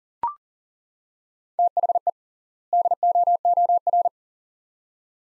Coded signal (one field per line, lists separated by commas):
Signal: Morse code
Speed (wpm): 40 wpm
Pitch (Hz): 700 Hz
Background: none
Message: THE DOOR